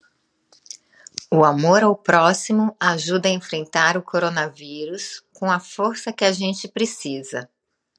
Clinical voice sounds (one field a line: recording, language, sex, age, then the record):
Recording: spoken sentence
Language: Brazilian Portuguese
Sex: female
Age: 40 to 49 years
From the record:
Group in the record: control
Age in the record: 46 years